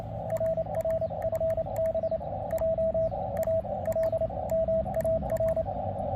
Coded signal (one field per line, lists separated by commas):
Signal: Morse code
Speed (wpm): 26 wpm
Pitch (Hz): 650 Hz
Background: radio noise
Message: RRFB J A L MAR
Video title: Understanding Amateur Radio and Morse Code